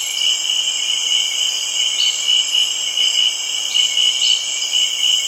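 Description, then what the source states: Insects droning in a loud layered chorus of steady high-pitched tones, with pulsing beats and occasional short higher notes. Early evening tropical rain forest atmosphere, Kribi, Cameroon.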